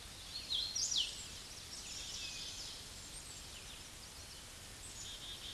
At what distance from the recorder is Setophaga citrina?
about 20 m